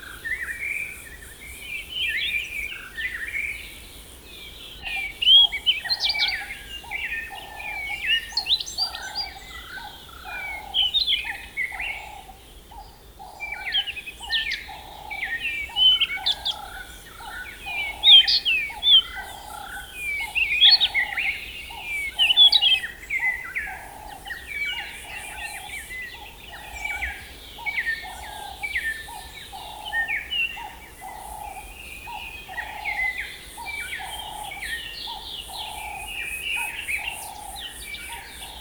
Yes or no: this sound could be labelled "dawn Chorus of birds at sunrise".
yes